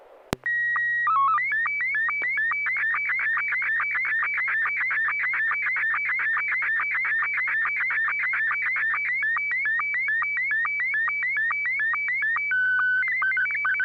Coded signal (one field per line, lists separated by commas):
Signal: SSTV (slow-scan television)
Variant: Scottie 1